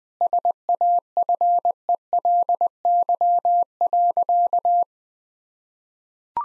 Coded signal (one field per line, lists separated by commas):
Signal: Morse code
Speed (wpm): 21 wpm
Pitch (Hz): 700 Hz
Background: none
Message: SAFELY.